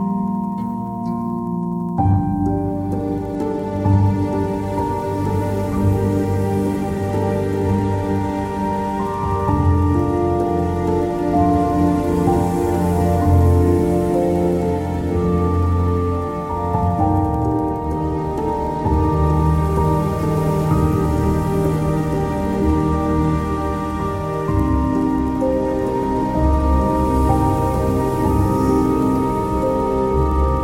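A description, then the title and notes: Steady rain hisses throughout, blended with soft sustained tones that hold like long chords and change every several seconds. The level stays even after a quieter first two seconds, with a low warm hum underneath and no distinct thunder. Rainy Afternoon.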